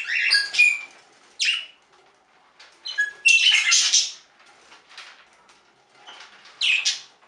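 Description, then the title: Budgerigar calls: short, high, scratchy chirps and squawks in scattered bursts with quiet gaps between. "Budgie Sounds"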